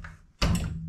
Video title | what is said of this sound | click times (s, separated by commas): Ebike cargo trailer by Pacycle on November camping trip | and it locks into place and your wheel's attached now | 0.4 s